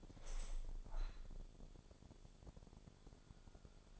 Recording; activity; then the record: daily activity, microphone in the room; open window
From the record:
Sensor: 5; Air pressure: 1000.5 hPa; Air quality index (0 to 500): 155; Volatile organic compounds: 2 ppm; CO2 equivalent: 1189 ppm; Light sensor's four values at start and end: 39/92/38/41 and 39/92/39/42